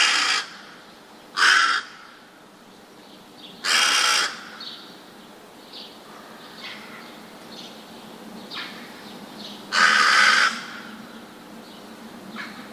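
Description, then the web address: Rook giving harsh, grating caws at irregular intervals, four loud ones and several fainter calls between them. "wroblowe ptaki gawron"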